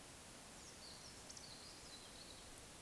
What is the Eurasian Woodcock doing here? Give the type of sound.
whistle